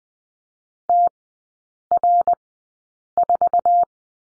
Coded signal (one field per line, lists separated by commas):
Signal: Morse code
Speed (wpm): 20 wpm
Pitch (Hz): 700 Hz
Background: none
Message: TR4